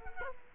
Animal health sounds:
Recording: mosquito wingbeat signal from an infrared sensor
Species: Culex quinquefasciatus

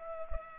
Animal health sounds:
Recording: mosquito wingbeat signal from an infrared sensor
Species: Culex pipiens

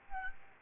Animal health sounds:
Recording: mosquito wingbeat signal from an infrared sensor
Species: Aedes albopictus

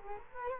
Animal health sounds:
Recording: mosquito wingbeat signal from an infrared sensor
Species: Culex quinquefasciatus

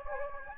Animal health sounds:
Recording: mosquito wingbeat signal from an infrared sensor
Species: Anopheles gambiae

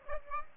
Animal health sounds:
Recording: mosquito wingbeat signal from an infrared sensor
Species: Aedes aegypti

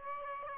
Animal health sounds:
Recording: mosquito wingbeat signal from an infrared sensor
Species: Aedes aegypti

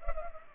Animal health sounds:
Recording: mosquito wingbeat signal from an infrared sensor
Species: Culex pipiens

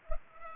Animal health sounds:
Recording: mosquito wingbeat signal from an infrared sensor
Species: Culex pipiens

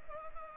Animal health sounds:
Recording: mosquito wingbeat signal from an infrared sensor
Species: Culex pipiens

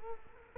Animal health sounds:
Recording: mosquito wingbeat signal from an infrared sensor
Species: Culex quinquefasciatus

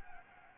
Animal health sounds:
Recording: mosquito wingbeat signal from an infrared sensor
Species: Anopheles gambiae

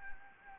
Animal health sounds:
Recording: mosquito wingbeat signal from an infrared sensor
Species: Anopheles gambiae

